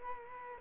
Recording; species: mosquito wingbeat signal from an infrared sensor; Culex quinquefasciatus